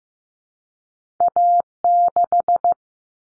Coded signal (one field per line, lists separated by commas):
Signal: Morse code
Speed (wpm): 15 wpm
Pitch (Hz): 700 Hz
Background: none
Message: A6